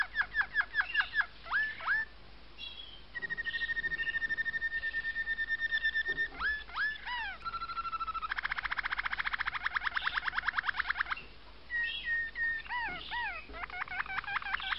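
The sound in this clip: Domestic canary song mixing sharp down-slurred notes, a long mellow whistle, and a loud rapid trill lasting about three seconds, followed by more swept notes.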